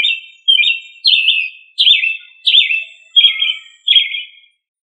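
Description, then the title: Thrush singing a steady run of seven bright warbled phrases, each starting high and sliding down, spaced roughly every two-thirds of a second. "Familia Turdidae - Sabia"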